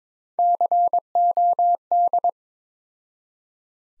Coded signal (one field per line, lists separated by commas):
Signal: Morse code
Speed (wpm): 22 wpm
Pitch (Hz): 700 Hz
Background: none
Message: COD